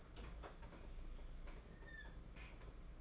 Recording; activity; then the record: daily activity, microphone in the room; open fridge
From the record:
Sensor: 5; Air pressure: 992.0 hPa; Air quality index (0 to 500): 200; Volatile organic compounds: 1000 ppm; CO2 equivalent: 5752 ppm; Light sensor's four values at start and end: 29/100/37/39 and 29/98/36/38